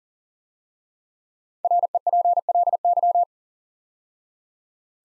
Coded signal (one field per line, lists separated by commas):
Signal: Morse code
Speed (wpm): 38 wpm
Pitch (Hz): 700 Hz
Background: none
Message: REPLY